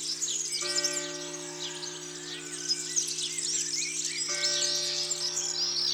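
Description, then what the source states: European serin song, a fast, high, jingling and buzzy twitter running continuously, while deep church bells ring out twice with long sustained tones. Recorded in Isère, France, with the abbey's bells ringing.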